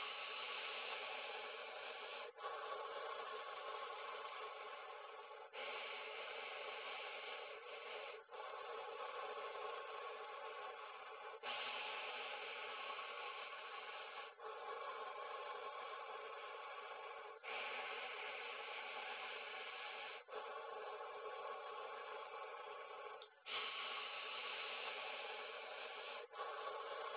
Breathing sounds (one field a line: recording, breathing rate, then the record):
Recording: paced breathing near a phone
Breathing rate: 10 breaths a minute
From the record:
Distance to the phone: 20 cm